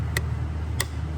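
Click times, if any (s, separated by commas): 0.8 s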